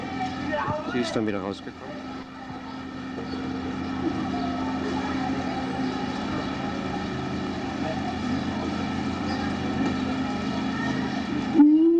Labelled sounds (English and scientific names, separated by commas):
Siamang (Symphalangus syndactylus)